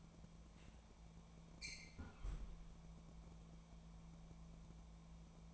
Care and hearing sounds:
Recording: daily activity, microphone in the room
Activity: close fridge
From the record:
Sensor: 1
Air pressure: 1000.1 hPa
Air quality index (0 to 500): 135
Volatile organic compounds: 2 ppm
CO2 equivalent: 1273 ppm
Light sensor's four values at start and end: 36/92/38/47 and 36/92/38/47

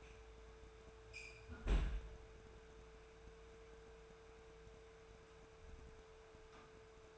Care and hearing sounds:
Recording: daily activity, microphone in the room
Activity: close fridge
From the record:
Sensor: 2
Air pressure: 1014.8 hPa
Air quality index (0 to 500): 195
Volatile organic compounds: 17 ppm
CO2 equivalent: 2579 ppm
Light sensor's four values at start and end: 9/22/9/9 and 9/22/9/9

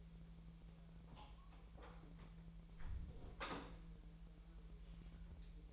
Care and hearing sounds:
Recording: daily activity, microphone in the room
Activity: close door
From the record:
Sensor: 1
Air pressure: 1001.3 hPa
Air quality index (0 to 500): 250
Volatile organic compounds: 136 ppm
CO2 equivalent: 3956 ppm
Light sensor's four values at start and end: 13/31/12/14 and 12/30/12/14

